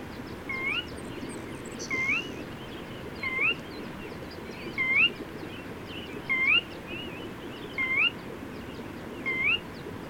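Rising whistled bird calls, regularly spaced about every one and a half seconds, with scattered faint high chirps and a constant low hiss.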